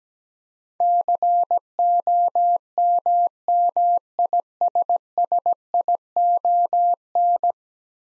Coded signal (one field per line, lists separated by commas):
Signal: Morse code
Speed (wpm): 17 wpm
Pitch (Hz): 700 Hz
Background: none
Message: COMMISSION